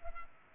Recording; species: mosquito wingbeat signal from an infrared sensor; Culex pipiens